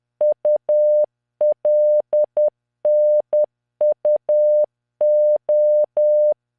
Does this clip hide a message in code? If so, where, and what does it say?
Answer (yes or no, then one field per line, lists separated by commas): yes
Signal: Morse code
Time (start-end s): 0.2-6.3 s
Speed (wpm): 10 wpm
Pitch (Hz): 600 Hz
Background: none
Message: ULNUO